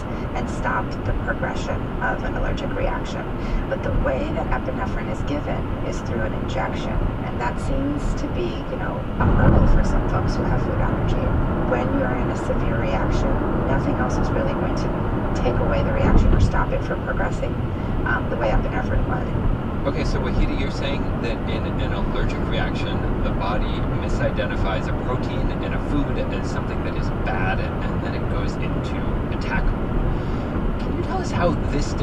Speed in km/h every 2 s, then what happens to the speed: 103, 103, 105, 105, 105, 105, 106, 105, 105, 108, 106, 106, 106, 106, 108, 106.
0-32 steady at about 105.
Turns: none.